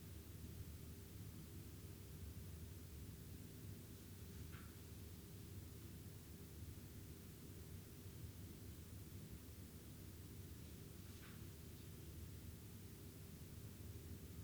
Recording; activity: daily activity, guitar pickup as the sensor; lie down